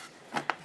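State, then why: Seated. A panel of a flat-pack desk-top storage caddy is pushed into its slot in the caddy frame. A soft broadband rub or slide builds around 0.35 s, then a sharp, short click is heard at 0.5 s as the panel seats and locks in place.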